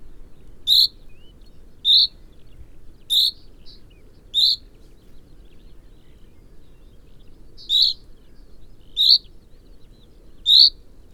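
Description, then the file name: Common chaffinch giving bright, clipped call notes about a second or so apart, with a longer pause midway before the series resumes; low background noise. "Fringilla coelebs"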